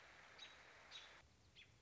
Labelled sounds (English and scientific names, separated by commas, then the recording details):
American Robin (Turdus migratorius)
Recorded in Sonoma County, California